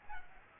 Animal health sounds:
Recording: mosquito wingbeat signal from an infrared sensor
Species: Aedes aegypti

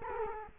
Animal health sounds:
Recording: mosquito wingbeat signal from an infrared sensor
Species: Culex quinquefasciatus

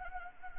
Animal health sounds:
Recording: mosquito wingbeat signal from an infrared sensor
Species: Anopheles gambiae

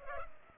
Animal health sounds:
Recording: mosquito wingbeat signal from an infrared sensor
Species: Culex pipiens

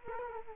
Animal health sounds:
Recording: mosquito wingbeat signal from an infrared sensor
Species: Culex quinquefasciatus

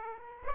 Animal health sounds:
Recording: mosquito wingbeat signal from an infrared sensor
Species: Aedes aegypti

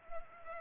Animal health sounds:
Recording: mosquito wingbeat signal from an infrared sensor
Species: Culex pipiens

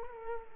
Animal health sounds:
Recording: mosquito wingbeat signal from an infrared sensor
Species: Culex quinquefasciatus

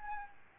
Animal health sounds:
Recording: mosquito wingbeat signal from an infrared sensor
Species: Aedes albopictus

